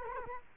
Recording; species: mosquito wingbeat signal from an infrared sensor; Culex quinquefasciatus